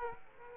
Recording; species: mosquito wingbeat signal from an infrared sensor; Aedes aegypti